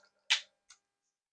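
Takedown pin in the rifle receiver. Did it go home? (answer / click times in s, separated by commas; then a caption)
released / 0.3 s. The takedown pin in the receiver of a Smith & Wesson M&P 15-22 .22 rifle is levered up during disassembly until it clicks out of its detent at 0.3 s, releasing it so the upper and lower receivers can separate. The sharp, bright click is followed by a fainter, shorter tick at 0.7 s.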